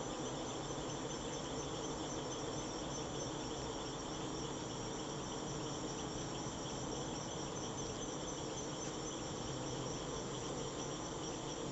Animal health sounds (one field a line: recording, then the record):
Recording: honeybee defence experiment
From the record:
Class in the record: attack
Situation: Africanized honeybees under attack by Camponotus atriceps ants